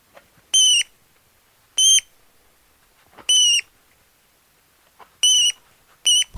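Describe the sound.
Rat squeaks: five short, piercing, steady-pitched squeaks with bright overtones, spaced irregularly, with near silence between them.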